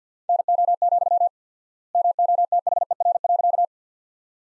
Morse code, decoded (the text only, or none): NO, MOTHER.